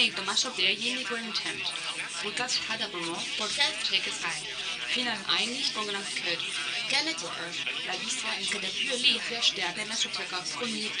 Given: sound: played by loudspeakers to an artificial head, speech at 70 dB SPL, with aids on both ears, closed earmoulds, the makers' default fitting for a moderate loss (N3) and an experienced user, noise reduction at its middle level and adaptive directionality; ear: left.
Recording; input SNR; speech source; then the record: speech test signal (ISTS) in cocktail-party noise; +6 dB; on the right (90 degrees)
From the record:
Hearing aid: class 2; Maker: A